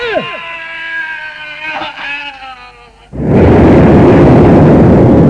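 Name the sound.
explosion sound effect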